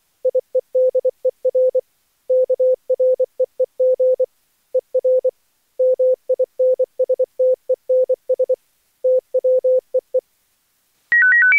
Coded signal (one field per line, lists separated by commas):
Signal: Morse code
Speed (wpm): 17 wpm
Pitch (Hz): 510 Hz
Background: none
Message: IEDER KREEG ER MINSTENS TWEE